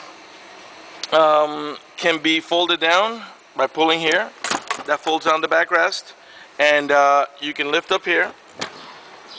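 A third-row seat in a 2008 Cadillac Escalade SUV is handled while someone talks: the backrest is folded down by pulling a release, then the seat is lifted up toward being pushed forward to lock upright in its propped, folded-up position. A short sharp sound at 8.6 s stands out over the talk, but nothing has seated or clicked yet, since the clip ends before the seat latch locks in place.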